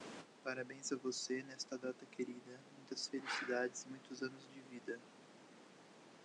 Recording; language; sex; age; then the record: short text; Brazilian Portuguese; male; 20 to 29 years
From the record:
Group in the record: control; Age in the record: 25 years